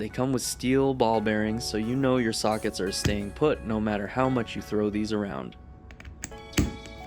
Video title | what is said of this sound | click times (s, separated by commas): Olsa Tools Grease & Gears Series: Socket Organizers - Part 1 | that satisfying click you just heard that's the spring loaded ball bearings in action | 6.2 s, 6.6 s